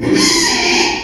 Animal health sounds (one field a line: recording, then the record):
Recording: squeal of a Yucatan mini pig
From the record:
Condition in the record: after surgery on the right vocal fold (resection and tissue-engineered implant)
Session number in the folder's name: 2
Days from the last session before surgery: 13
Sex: male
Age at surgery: 12 weeks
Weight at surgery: 13 kg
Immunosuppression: cyclosporine, prednisolone